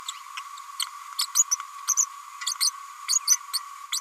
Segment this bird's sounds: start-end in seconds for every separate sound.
0.37-0.40, 1.18-1.27, 1.35-1.44, 1.51-1.56, 1.87-1.94, 1.97-2.05, 2.60-2.70, 3.08-3.19, 3.27-3.37, 3.53-3.58, 3.92-4.00